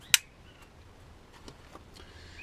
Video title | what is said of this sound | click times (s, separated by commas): Eachine E56 Review | Look at that, a definite nice reassuring click there as you fold the arms out. | 0.1 s